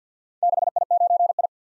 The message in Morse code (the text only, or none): 6I9I